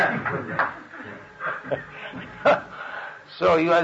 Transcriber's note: laughter